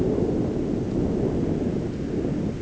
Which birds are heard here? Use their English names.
none